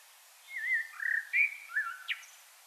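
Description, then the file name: Common blackbird song: a short mellow, fluted warbled phrase of several rising and falling notes, closing with a sharp high squeak. "Turdus merula"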